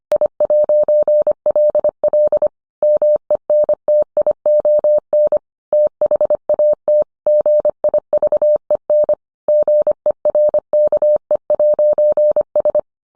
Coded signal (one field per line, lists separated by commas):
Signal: Morse code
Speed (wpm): 25 wpm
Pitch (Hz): 600 Hz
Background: none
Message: I'LL MENTION THAT GIVEN GERKE'S